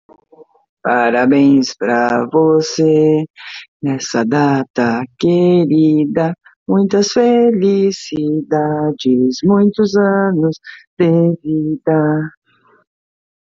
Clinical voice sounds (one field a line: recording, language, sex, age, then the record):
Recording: short text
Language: Brazilian Portuguese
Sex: female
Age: 50 to 59 years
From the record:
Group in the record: control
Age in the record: 57 years